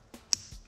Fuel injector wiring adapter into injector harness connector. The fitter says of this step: push in there until it clicks and then plug each of these into